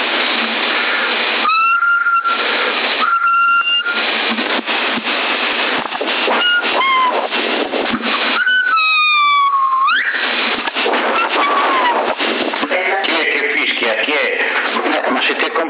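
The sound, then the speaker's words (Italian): Several steady whistled tones, one ending in a rising slide, come through a thin, hissy CB radio channel 10 in Sassari, December 2021, with muffled voices talking in between. “Per fischiare potevi fischiare con un fischietto.”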